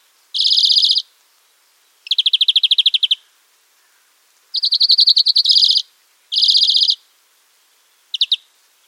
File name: Chloris chloris